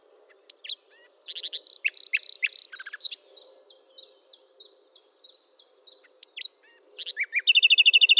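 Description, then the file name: Common nightingale song with rich varied phrases, a run of soft repeated notes, then a rapid rattling trill at the end. "Luscinia megarhynchos"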